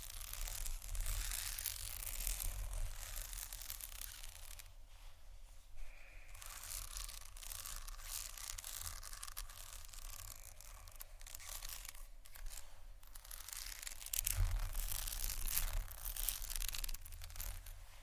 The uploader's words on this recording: ASMR Fast Tapping & Scratching （No Talking）.